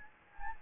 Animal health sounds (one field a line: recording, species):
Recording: mosquito wingbeat signal from an infrared sensor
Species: Anopheles gambiae